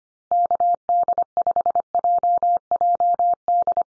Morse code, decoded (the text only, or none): KD5JJD